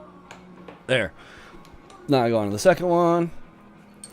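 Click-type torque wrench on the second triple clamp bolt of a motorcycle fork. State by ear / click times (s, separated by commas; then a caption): torque reached / 4.0 s. Someone talks while a click-type torque wrench tightens the second triple clamp pinch bolt on the WP 48mm open chamber forks of a 2016 KTM 350 EXC-F motorcycle. A single sharp click comes at 4.0 s as the wrench reaches its torque setting.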